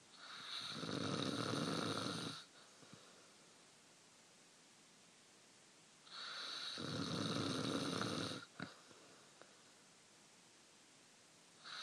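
An adult snoring: two long, loud, rumbling inhaled snores about six seconds apart, each lasting roughly two seconds, with quiet pauses between them.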